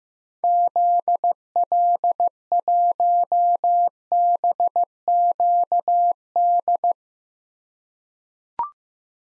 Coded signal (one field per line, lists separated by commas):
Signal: Morse code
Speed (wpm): 15 wpm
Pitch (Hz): 700 Hz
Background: none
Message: ZL1BQD